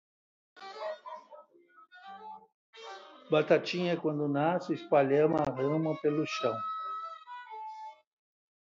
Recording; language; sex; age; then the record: short text; Brazilian Portuguese; male; 70 to 79 years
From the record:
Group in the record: control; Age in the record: 70 years